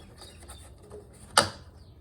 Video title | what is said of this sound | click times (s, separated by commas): TTT ass 02 | until it clicks to indicate that it's on tight enough | 1.4 s